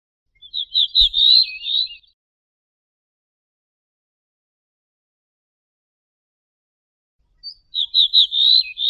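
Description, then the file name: Ortolan bunting singing two short phrases of rapid repeated notes, separated by a long quiet gap, with one faint low knock. "suara kicauan ortolan"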